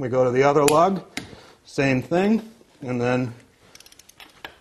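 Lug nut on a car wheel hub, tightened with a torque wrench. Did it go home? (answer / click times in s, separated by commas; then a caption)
yes / 4.5 s. Someone talks while a click-type torque wrench tightens the next steel lug nut on a car wheel hub. Soft ratcheting ticks from about 3.7 to 4.2 s are followed by a louder, sharp click at 4.5 s, as the wrench reaches its torque setting on the lug nut.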